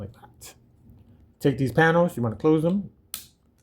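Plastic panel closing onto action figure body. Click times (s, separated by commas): 3.1 s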